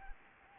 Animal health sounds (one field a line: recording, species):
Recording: mosquito wingbeat signal from an infrared sensor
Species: Anopheles gambiae